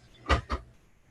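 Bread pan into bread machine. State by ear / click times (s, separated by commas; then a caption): seated / 0.5 s. A loaded bread pan is lowered into a bread machine and pushed down, giving a broadband knock near 0.3 s. A second, shorter click follows at 0.5 s as the pan clicks in completely and is seated.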